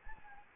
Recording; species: mosquito wingbeat signal from an infrared sensor; Anopheles gambiae